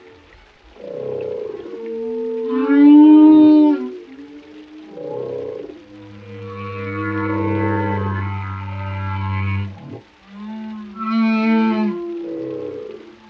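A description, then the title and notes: Whale song fills the recording: a string of long, gliding calls, some rising and falling in pitch, others held steady and low. Around the middle a deep, sustained moan lasts several seconds, and bright, warbling cries return near the end. A compilation of calming oceanic vibes featuring the melodic sounds of whales.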